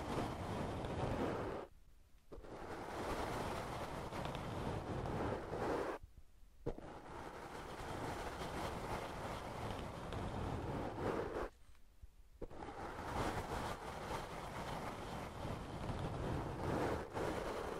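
Sponges rub and squish against a microphone in dense, rough scratching bursts, broken by three brief silences near two, six and twelve seconds.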